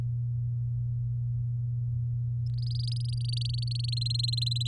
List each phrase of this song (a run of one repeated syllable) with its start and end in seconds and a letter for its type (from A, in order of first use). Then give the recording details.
2.46-3.94 A, 3.97-4.68 B. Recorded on 7 May 2018 at 16:52. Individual llb16